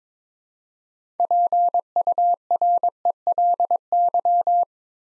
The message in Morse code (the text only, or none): PURELY